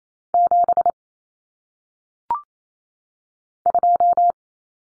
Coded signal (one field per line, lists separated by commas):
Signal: Morse code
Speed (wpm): 28 wpm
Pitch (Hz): 700 Hz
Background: none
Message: 7 2